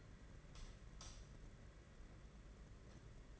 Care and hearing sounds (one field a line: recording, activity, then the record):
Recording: daily activity, microphone in the room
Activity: light on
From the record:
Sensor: 4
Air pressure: 992.7 hPa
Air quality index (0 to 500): 168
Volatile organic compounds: 246 ppm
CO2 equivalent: 4349 ppm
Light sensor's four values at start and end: 4/8/3/3 and 4/9/4/4